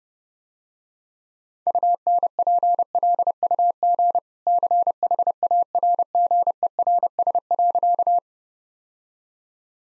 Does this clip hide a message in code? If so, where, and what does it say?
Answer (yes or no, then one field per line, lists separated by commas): yes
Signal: Morse code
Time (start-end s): 1.7-8.2 s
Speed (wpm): 32 wpm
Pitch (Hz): 700 Hz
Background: none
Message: UNPLUG CHARGERS.